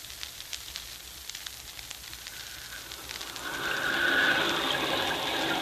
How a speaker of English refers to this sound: Look at that rain, Crawley. It's just what you ordered, sir. And down there in the valley, the lights glow cheerfully through the rain.